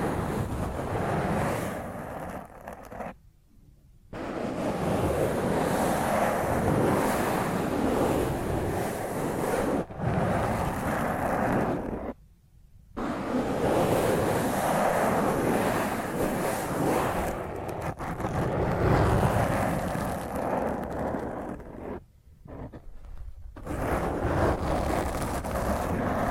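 Rough, dense scratching of fingernails across a microphone, a harsh continuous rasp that fills everything from deep rumble to hiss. The scraping runs steadily with brief clean breaks near 3–4, 12 and 22–23 seconds, plus a tiny gap around 10 seconds.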